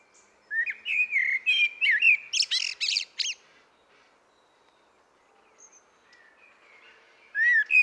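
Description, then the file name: Common blackbird song: a low fluted warble near the start, then a burst of high, squeaky twittering, a quiet pause, and a new fluted phrase beginning at the end. "Turdus merula"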